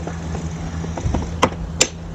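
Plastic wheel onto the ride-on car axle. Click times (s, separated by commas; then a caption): 1.4 s, 1.8 s. A plastic wheel is pushed with good force onto the axle of a kids' Mercedes-Benz G63 ride-on car with remote control, over a steady low hum and a few soft knocks around 1.0 and 1.2 s. Two sharp clicks ring out at 1.4 s and 1.8 s as the wheel clips in and seats on the axle.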